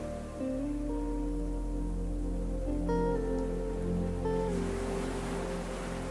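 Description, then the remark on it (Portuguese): A soft, steady wash of ocean waves under sustained, humming musical tones, with the surf noise swelling a little brighter toward the end. No one speaks. “Agora tudo o que existe é o som das ondas, o vento no rosto e o ritmo suave da sua própria respiração.”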